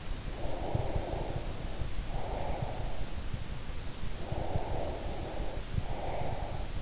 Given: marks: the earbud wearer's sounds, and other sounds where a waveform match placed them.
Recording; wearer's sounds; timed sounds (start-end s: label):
sounds in sleep by an in-ear microphone; breath
0.25-3.26 s: breath
4.15-6.81 s: breath